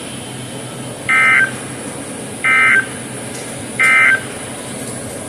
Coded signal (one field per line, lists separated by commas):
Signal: Emergency Alert System (SAME) tones